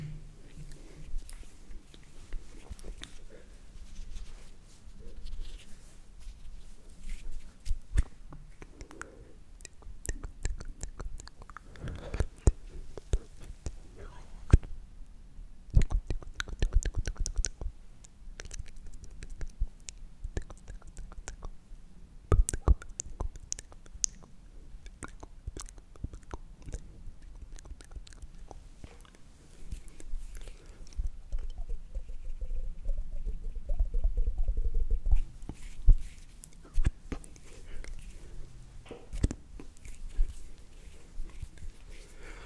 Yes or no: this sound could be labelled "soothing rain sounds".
no